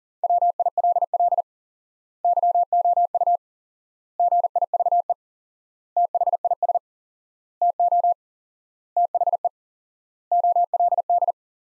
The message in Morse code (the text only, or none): WILL YOU GIVE THIS TO THE OLD